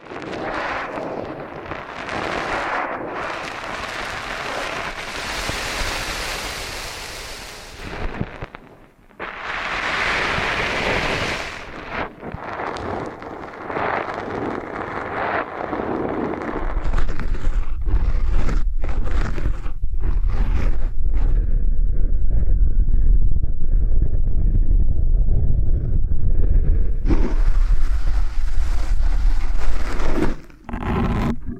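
Ear cleaning and kinetic sand sounds: dense crunching and scraping bursts early, then a louder steady low rumble with rubbing from mid-clip onward.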